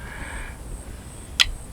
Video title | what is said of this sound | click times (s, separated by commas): Let us go down the rabbit hole.The PMP Kodiak China knife offers a balance so watch out Greg Medford | yeah you hear that click | 1.4 s